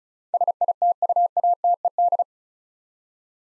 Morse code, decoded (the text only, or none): SITUATED